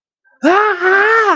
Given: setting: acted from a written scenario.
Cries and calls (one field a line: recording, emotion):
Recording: vocal sound without words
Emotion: negative surprise